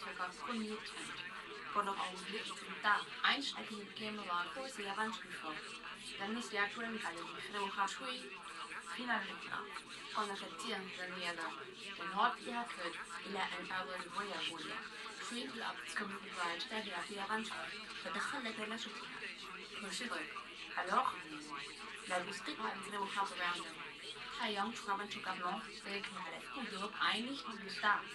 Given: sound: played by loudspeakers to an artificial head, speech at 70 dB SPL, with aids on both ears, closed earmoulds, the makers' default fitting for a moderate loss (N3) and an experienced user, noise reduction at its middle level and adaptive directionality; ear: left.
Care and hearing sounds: speech test signal (ISTS) in cocktail-party noise; +6 dB; on the right (90 degrees)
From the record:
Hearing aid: class 1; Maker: E

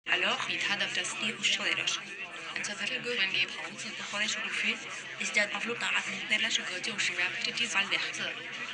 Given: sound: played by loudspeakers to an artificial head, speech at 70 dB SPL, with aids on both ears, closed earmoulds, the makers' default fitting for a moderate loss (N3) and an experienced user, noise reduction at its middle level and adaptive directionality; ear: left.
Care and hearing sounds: speech test signal (ISTS) in cocktail-party noise; +3 dB; in front (0 degrees)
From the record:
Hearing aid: class 2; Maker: G

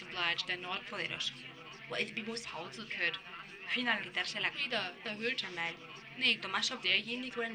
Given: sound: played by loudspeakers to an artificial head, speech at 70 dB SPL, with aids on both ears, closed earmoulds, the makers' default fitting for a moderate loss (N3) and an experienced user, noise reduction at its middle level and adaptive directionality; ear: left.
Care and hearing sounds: speech test signal (ISTS) in cocktail-party noise; +6 dB; in front (0 degrees)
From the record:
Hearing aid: class 2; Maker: F

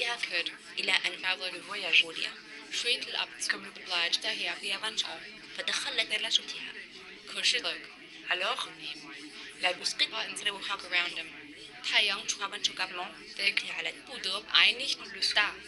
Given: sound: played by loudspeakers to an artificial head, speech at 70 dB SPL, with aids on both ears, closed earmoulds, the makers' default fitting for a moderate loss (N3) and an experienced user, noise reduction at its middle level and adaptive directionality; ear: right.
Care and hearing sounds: speech test signal (ISTS) in cocktail-party noise; 0 dB; in front (0 degrees)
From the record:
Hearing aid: class 2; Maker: B

